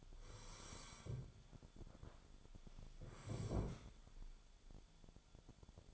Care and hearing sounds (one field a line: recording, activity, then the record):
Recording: daily activity, microphone in the room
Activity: sit down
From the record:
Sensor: 5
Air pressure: 1015.3 hPa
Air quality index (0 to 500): 180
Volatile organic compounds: 7 ppm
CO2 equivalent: 1954 ppm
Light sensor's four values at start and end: 36/83/33/32 and 36/83/33/32